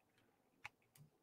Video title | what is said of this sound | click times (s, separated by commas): Jose Rodriguez Photo Printing Techie Sunday Live Stream 1PM EST USA 1-2-2022 | It makes like a little click at the end. Watch. Right there. | 0.7 s